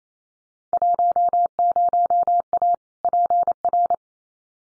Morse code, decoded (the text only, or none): 10A PR